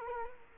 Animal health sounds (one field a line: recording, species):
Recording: mosquito wingbeat signal from an infrared sensor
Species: Culex quinquefasciatus